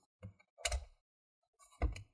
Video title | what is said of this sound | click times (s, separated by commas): Acer E5 SSD / HDD UPGRADE Guide disassembly | want to hear those click sounds once you have those you wanna put that three flat screws right | 0.7 s, 1.8 s